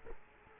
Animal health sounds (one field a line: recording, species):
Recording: mosquito wingbeat signal from an infrared sensor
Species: Culex quinquefasciatus